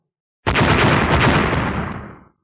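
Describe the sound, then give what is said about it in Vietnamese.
A loud, sudden barrage of explosions as dozens of fist strikes hit two humanoid puppets, erupting and rumbling on for about two seconds as a dense, booming roar of rapid blasts, then fading out. No voices are heard. “Liên tiếp tiếng nổ vang lên, hai bộ khôi lỗi hình người bị mấy chục đạo quyền ảnh oanh kích, thân thể rung rẩy bắn ngược lại phía sau.”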